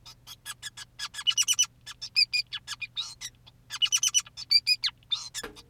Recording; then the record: song of a male Bengalese finch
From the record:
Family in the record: son of father 2, and himself father 5